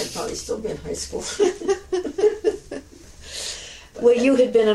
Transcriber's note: both laugh